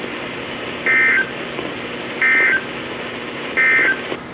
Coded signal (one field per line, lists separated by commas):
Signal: Emergency Alert System (SAME) tones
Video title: EAS #1455-#1469: Enhanced in Kentucky! | WWG81, WZ2500, WXM72, WXM71, & WXL60